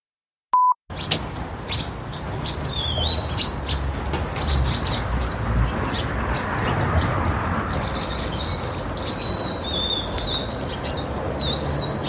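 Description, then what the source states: White-crowned and golden-crowned sparrows chirping and singing in a dense flock, many overlapping high chirps with a few thin whistled notes, after a brief steady tone at the start. White-crowned and golden-crowned sparrows chirping and singing together at a large communal winter roost in California.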